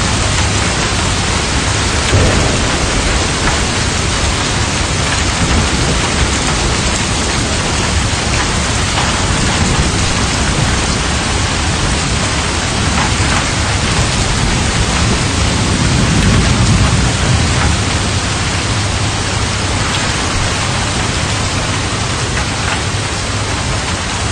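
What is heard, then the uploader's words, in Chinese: A downpour roars steadily throughout, a dense, unbroken hiss of heavy rain with a low rumble underneath and occasional brief spatters. 倾盆大雨。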